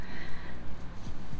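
Low, irregular rumbling with brief gurgling pitch slides from an adult's stomach: an ordinary stomach growl, gas and fluid moving through the gut.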